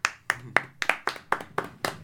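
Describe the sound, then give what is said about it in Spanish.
Steady hand clapping, roughly nine sharp claps at an even, brisk rhythm, fairly loud with nothing else playing underneath and no voices. “Aplauso.”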